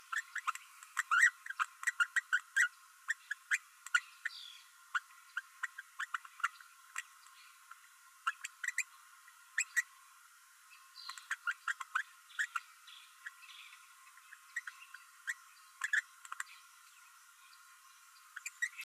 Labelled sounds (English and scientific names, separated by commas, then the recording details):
Green-rumped Parrotlet (Forpus passerinus) babbling
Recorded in a nest box in Venezuela
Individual 18B12A3